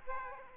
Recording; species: mosquito wingbeat signal from an infrared sensor; Aedes aegypti